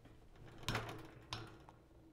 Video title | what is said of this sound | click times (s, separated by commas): Fairlight Faran Build #10a: Brake Discs & Fixing Calipers | with this kind of torque wrench, you just tighten until it clicks, which is there. | 0.7 s